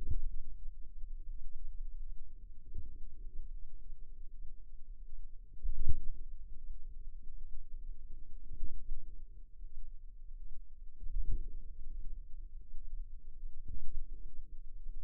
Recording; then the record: forearm muscle sounds (acoustic myography)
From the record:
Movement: radial deviation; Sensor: system 2, bracelet of six BSWA MPA416 microphones around the upper forearm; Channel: 6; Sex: female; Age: 23 years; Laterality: right